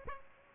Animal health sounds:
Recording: mosquito wingbeat signal from an infrared sensor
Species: Culex pipiens

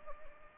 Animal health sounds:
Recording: mosquito wingbeat signal from an infrared sensor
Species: Anopheles gambiae

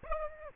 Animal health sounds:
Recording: mosquito wingbeat signal from an infrared sensor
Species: Aedes aegypti

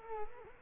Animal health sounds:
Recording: mosquito wingbeat signal from an infrared sensor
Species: Culex quinquefasciatus

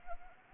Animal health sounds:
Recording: mosquito wingbeat signal from an infrared sensor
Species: Anopheles arabiensis

